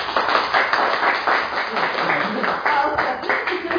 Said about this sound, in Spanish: Un aplauso.